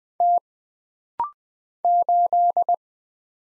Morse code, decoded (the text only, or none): T 8